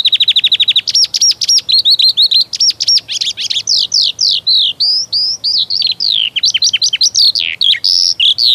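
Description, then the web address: Eurasian skylark pouring out a continuous high-pitched song: a quick rattling trill opens, followed by tumbling chirps, slurred whistles and buzzy notes without pause. "Przyroda Ptaki Skowronek"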